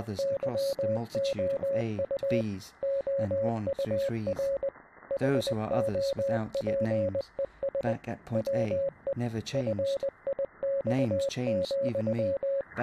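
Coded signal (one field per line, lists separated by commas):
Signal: Morse code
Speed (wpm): 20 wpm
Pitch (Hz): 550 Hz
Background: speech, radio noise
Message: YOU OUR HOPES WE FIX,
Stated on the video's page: Morse-like sound among real space sounds recorded by satellites, used in an anthology of short films.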